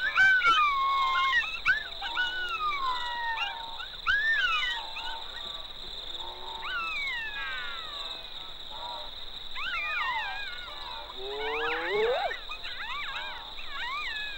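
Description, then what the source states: Golden jackals giving descending, wavering wails and yelps that overlap, fading midway before a fresh burst with a rising howl, with a continuous high hum behind. Sunset chorus in the Serengeti from family groups calling around their earths, answered by distant groups.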